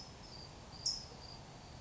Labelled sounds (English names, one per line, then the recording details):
California Towhee
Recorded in Sonoma County, California